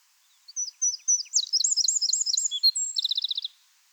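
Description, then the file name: Eurasian wren singing a loud, high-pitched burst of quick chipping notes that speed into a dry, even trill before stopping abruptly; otherwise quiet. "Troglodytes troglodytes"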